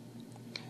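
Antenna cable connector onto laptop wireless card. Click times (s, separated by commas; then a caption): 0.6 s. White and black antenna coax cables are pressed onto the small connectors of a WiFi wireless card in a Dell Latitude D620/D630 laptop. After a couple of faint ticks, a short, sharp click sounds at 0.6 s as the connector snaps on and seats.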